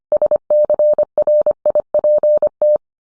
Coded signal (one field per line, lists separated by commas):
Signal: Morse code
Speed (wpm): 25 wpm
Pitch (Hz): 600 Hz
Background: none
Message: SCRIPT